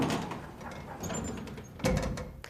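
An elevator door slides shut with a low mechanical rumble and faint high whine, ending in a soft thud as it closes.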